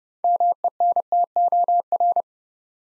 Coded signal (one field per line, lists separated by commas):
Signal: Morse code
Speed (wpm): 30 wpm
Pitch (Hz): 700 Hz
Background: none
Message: MENTOR